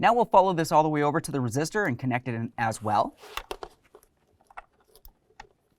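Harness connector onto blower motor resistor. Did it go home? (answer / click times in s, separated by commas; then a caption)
yes / 5.1 s. A wiring harness connector is pushed onto the blower motor resistor of a 2004–2006 Scion xB while someone talks for the first three seconds. After the talk, small handling clicks follow, and the connector clicks into place at about 5.1 seconds and is seated.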